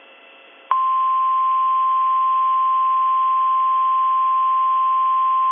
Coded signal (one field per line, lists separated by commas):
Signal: Emergency Alert System (SAME) tones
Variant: 1050 Hz attention tone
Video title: EAS MOCK | I guess Paul had enough playing by everyone's rules